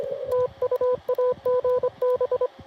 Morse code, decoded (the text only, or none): TU AG B